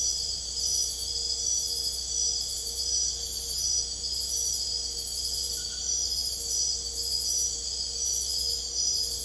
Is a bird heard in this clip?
no